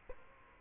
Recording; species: mosquito wingbeat signal from an infrared sensor; Culex quinquefasciatus